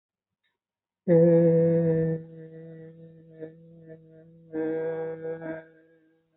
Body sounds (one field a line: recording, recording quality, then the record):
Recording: sustained vowel as in made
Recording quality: excellent, no background noise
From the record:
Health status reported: healthy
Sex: male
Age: 30 years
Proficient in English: yes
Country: India